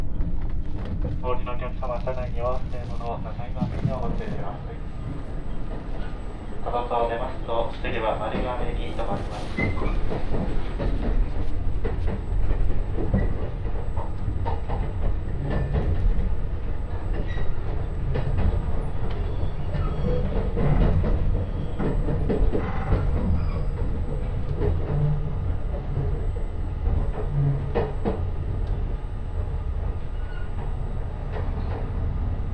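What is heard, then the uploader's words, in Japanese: Limited express Nanpu No. 26 on the Dosan Line, running from Awa-Ikeda toward Tadotsu. A steady low rumble of the train in motion fills the clip, with rhythmic clatter and squeals throughout. Voices are heard early on, around the first ten seconds. 土讃線特急南風26号 阿波池田→多度津。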